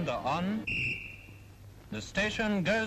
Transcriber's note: whistle